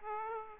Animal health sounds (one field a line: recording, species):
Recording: mosquito wingbeat signal from an infrared sensor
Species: Aedes aegypti